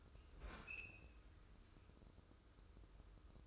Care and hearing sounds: daily activity, microphone in the room; open fridge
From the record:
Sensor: 2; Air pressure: 995.1 hPa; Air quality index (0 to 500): 66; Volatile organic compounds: 2 ppm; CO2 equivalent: 1117 ppm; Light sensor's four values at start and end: 17/55/22/21 and 17/55/22/21

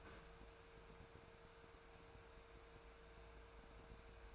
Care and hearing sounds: daily activity, microphone in the room; open fridge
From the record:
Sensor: 2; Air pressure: 1014.7 hPa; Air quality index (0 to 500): 191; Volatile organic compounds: 16 ppm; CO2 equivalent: 2532 ppm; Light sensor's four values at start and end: 9/23/9/10 and 9/23/9/10

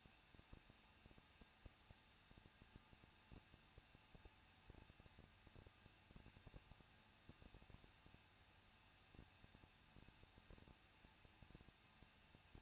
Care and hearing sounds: daily activity, microphone in the room; no activity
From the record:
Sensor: 2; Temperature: 21.0 degrees Celsius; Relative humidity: 37.3%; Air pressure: 1006.3 hPa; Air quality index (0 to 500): 221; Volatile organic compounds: 23 ppm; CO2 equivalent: 2789 ppm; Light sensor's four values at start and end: 2/3/2/2 and 2/3/2/2

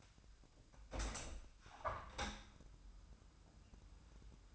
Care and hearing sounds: daily activity, microphone in the room; open window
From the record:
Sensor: 2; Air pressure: 1004.5 hPa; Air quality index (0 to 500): 118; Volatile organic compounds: 3 ppm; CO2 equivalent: 1432 ppm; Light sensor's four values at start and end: 6/14/6/6 and 6/15/6/6

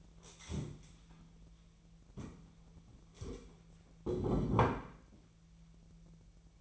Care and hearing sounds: daily activity, microphone in the room; stand up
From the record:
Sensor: 1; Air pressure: 1001.9 hPa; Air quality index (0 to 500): 244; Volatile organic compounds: 109 ppm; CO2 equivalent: 3814 ppm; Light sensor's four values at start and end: 10/25/10/12 and 10/24/10/11

